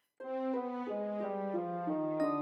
Late decelerations are apparent gradual decreases and return to the fetal heart rate associated with contractions. Late decelerations are delayed in timing, with the nadir occurring after the peak of the contractions and the resolution occurring after the contraction has ended. The higher tones represent the contractions while the lower tones represent the fetal heart rate.